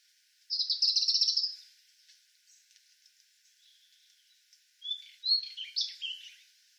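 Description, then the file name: European robin song: a loud, buzzy high trill opens, quiet gap with faint notes, then a short cluster of thin whistled and twittering notes. "Erithacus rubecula"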